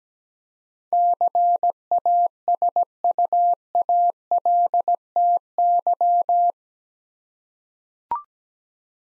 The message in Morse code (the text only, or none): CASUALTY